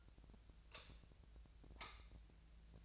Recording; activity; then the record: daily activity, microphone in the room; light off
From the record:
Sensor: 2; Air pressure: 1009.7 hPa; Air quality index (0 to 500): 181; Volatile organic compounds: 10 ppm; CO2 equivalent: 2256 ppm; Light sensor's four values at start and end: 33/85/36/38 and 28/67/29/32